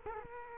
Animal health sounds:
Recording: mosquito wingbeat signal from an infrared sensor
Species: Culex quinquefasciatus

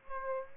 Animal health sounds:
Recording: mosquito wingbeat signal from an infrared sensor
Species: Aedes aegypti

